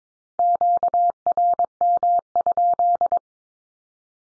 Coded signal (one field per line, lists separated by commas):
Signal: Morse code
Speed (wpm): 22 wpm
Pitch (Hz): 700 Hz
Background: none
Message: QRM?